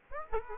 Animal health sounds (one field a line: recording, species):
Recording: mosquito wingbeat signal from an infrared sensor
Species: Aedes aegypti